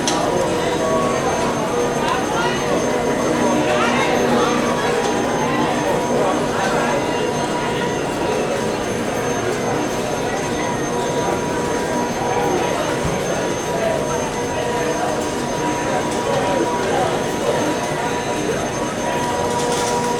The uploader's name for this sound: Busy Casino Weekend Ambience